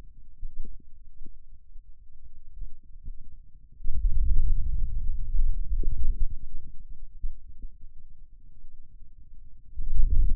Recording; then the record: forearm muscle sounds (acoustic myography)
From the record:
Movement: wrist extension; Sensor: system 2, bracelet of six BSWA MPA416 microphones around the upper forearm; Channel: 3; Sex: male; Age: 22 years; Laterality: right